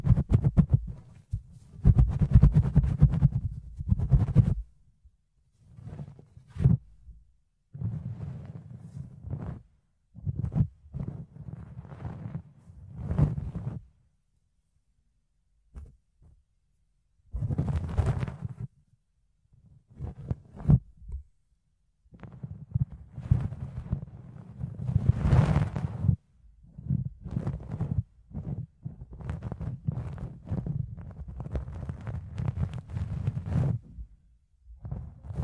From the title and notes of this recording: ASMR Fluffy Ear Cleaning, Ear Picking (No Talking).